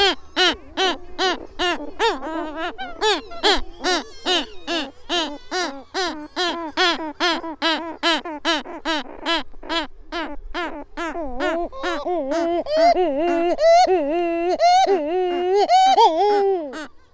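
Great shearwater calls, a long series of harsh, nasal, wavering wails repeated about twice a second, rising slightly in pitch toward the end.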